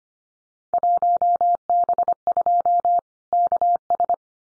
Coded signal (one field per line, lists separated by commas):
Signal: Morse code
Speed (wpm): 25 wpm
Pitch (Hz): 700 Hz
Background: none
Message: 1B2 KS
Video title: Field Day Exchange Encore 25wpm